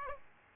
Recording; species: mosquito wingbeat signal from an infrared sensor; Aedes aegypti